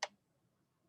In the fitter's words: click now i know that this lens which is called an objective is in place rotate it